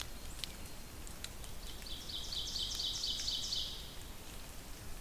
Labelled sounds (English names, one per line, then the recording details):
Ovenbird song
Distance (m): 60 m
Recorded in boreal forest in Alberta, Canada, on 2 June 2016 at 07:09
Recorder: SongMeter 3, array SBT-3-7
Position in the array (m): 47 m, 158 m
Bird 4